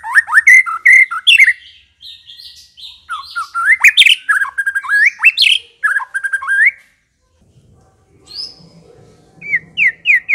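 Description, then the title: White-rumped shama song: long run of varied whistles, sweeping notes and buzzy trills, then a pause before short rising whistles resume. Song used as a lure to provoke an aggressive fighting bird. "Pancingan Murai Batu Galak"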